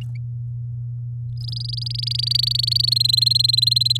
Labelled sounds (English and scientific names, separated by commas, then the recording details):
Domestic Canary (Serinus canaria) song
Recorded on 8 May 2018 at 10:09
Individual llb16